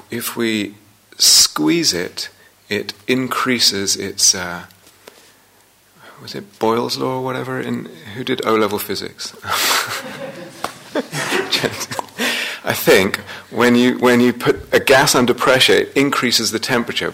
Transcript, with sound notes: if we squeeze it, it increases its -- was it Boyle's law or whatever? Who did O-Level Physics? [laughter] I think when you put a gas under pressure it increases the temperature.